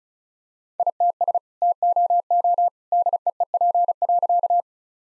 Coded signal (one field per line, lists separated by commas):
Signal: Morse code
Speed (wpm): 36 wpm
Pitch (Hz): 700 Hz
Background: none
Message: ITS TOO DEEP.